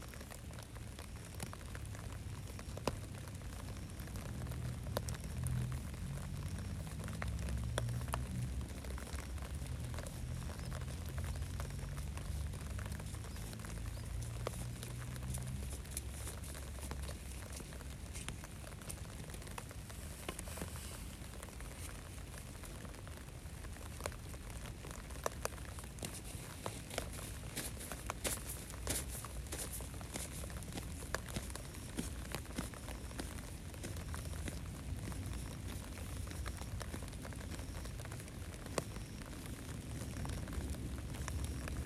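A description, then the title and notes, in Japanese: Rain falls steadily through the whole clip as a dense, even hiss, with scattered drips and ticks, especially around the middle and toward the end. Between about 5 and 16 seconds a low engine hum rises and falls. 雨の日 サツマイモ苗植え。梅雨の小雨の降る夕方、家から畑へ出発。季節最後のサツマイモ苗を採り、畑に定植します。録音のスマホは傘の下に置いておき、隣の畑に苗取りへ。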